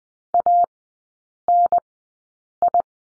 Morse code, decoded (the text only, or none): ANI